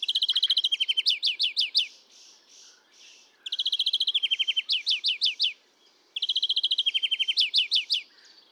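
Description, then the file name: European greenfinch song, three similar phrases of rapid chirping trills and fast rising notes, with soft buzzy notes after the first, in a quiet background. "Chloris chloris"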